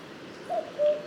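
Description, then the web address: Common cuckoo giving a single falling two-note cu-coo, the first note slightly higher, against soft background hiss. "Cuco común"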